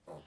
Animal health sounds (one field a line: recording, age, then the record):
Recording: pig call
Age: piglet (1 to 25 days)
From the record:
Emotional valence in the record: negative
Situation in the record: restrain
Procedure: back test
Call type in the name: low-frequency call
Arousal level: low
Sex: male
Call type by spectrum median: low-frequency call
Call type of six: low-frequency stable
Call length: 0.27 s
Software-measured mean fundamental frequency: 76 Hz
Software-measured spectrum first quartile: 374 Hz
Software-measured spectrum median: 580 Hz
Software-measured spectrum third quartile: 1007 Hz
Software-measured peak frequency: 517 Hz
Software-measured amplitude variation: 169 dB a second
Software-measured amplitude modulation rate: 13.0 a second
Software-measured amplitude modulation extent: 13.0 dB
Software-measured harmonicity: 1.4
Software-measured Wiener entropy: -0.05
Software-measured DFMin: 1026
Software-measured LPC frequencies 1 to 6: 569, 2946, 5127, 6047, 7143, 8051 Hz